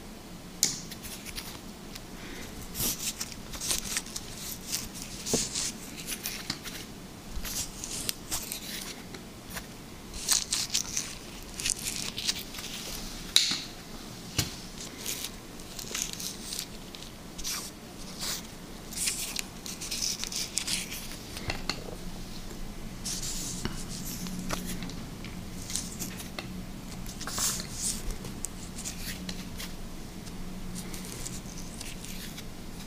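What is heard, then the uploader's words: Liquid slime being squished and stretched, making dense, irregular wet clicks and crackles that flicker throughout. Bright, crisp pops come in quick clusters, with a few sharper snaps near 10 and 13 seconds. A soft low hum runs underneath, growing steadier in the last third. Liquid Slime ASMR.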